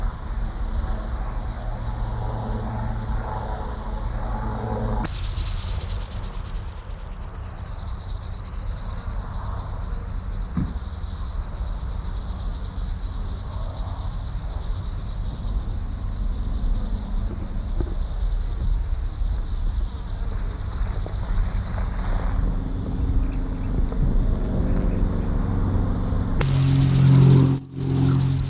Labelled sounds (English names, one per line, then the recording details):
Upland Field Grasshopper
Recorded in the wild
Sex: male
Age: imago
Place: NSG Grössinsee, Sachsen-Anhalt, DE
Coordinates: 52.26, 13.13
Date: 1995-07-09 12:30
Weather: sonnig, 28°C
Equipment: Sony WM-D6C, Sennheiser ME 80, Kopie Uher 4000 Report Monitor
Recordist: Tembrock, Günter